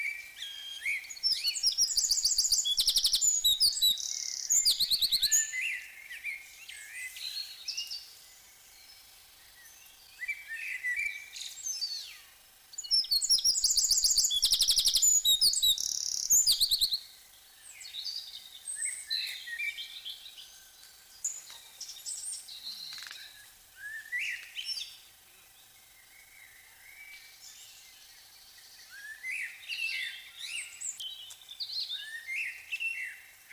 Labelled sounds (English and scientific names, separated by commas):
Eurasian Wren (Troglodytes troglodytes) song